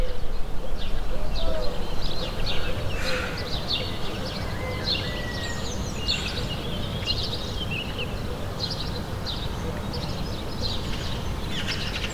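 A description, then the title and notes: Birds chirp and call through a village morning, their quick bright notes scattered across the whole stretch, with a few clearer whistles near the middle. A steady low rumble of outdoor noise sits underneath, a little louder in the first few seconds. Morning Birds in the Village.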